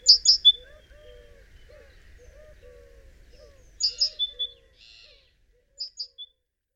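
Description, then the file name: Great tit calls: sharp high chirps in short clusters, with a lower warbling phrase from another bird running beneath. "Parus major"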